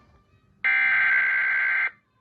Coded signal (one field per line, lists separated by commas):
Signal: Emergency Alert System (SAME) tones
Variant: header bursts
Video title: EAS 577 SVR Relay